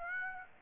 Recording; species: mosquito wingbeat signal from an infrared sensor; Aedes aegypti